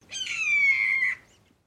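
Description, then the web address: Red-tailed hawk giving one hoarse, drawn-out scream lasting about a second, slightly falling in pitch, with no other sounds. Single call. "Lynne Music. Red Tail Hawk Single Call"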